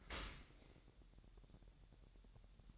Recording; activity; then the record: daily activity, microphone in the room; open dishwasher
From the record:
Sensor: 3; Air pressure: 1000.4 hPa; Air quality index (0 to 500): 247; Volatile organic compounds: 169 ppm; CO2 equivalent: 4102 ppm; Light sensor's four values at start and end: 10/24/10/9 and 10/24/10/9